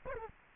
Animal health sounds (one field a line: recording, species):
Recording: mosquito wingbeat signal from an infrared sensor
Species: Culex quinquefasciatus